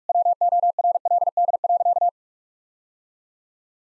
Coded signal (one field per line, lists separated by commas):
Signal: Morse code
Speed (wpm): 46 wpm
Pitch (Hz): 700 Hz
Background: none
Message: WORLD.